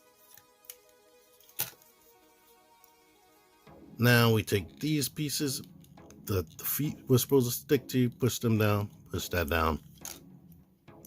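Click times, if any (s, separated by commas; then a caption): 1.6 s. A plastic shoulder piece of a Transformers Masterpiece Hound MP-47 transforming figure is swung around and lifted until it clicks into position, with a distinct sharp click at 1.6 s over quiet background music. Someone then talks from about 4 s onward, with a few faint clicks near the end.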